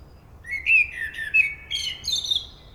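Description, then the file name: Common blackbird song: a mellow, slurred whistling warble rising into a bright, high twittering ending. "Turdus merula"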